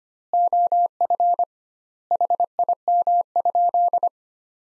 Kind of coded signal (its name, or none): Morse code